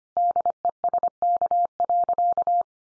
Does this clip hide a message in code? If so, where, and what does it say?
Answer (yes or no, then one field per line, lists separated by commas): yes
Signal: Morse code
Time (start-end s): 0.2-2.6 s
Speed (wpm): 25 wpm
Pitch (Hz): 700 Hz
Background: none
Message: DESK.